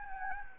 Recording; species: mosquito wingbeat signal from an infrared sensor; Anopheles gambiae